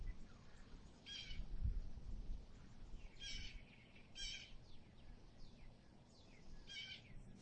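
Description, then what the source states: Blue jay buzzy squawks, about four spread throughout, alongside faint high chirps and a steady low rumble. Blue jay song recorded amid nature.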